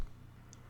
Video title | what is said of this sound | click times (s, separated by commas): Action Man - Scuba Suits - Part 2 of 2 | just put the Action Man head over the post, apply a little bit of pressure, and it snaps in place. | 0.5 s